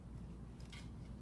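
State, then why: Not seated. A removable wheelchair leg rest is handled as it is pushed back toward its mount on the wheelchair frame, over a steady low background hum. Two brief handling sounds occur at about 0.6 s and 0.7 s, the second slightly louder. Nothing has seated or clicked yet.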